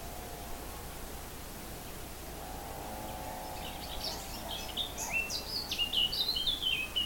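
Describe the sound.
Animal calls: a burst of quick, high chirping notes rising and falling near the end, over a steady low hum and constant background noise.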